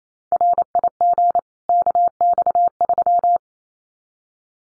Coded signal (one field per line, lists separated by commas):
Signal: Morse code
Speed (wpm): 28 wpm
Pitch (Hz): 700 Hz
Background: none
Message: RIG KX3